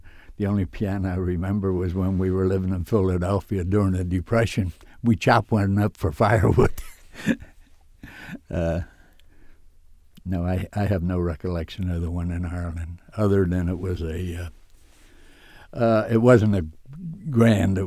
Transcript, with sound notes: The only piano I remember was when we were living in Philadelphia during the Depression. We chopped one up for firewood. (he laughs) No, I, I have no recollection of the one in Ireland other than it was a, it wasn't a grand.